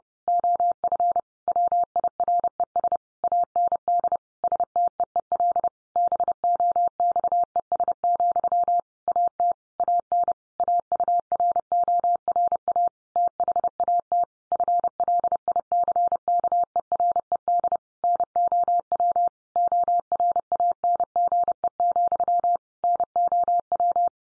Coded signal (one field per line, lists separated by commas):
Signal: Morse code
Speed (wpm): 30 wpm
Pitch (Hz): 700 Hz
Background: none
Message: OF WIRES AND STEEL BOXES, AT AN AURORA THAT FLICKERED NOW ORANGE, NOW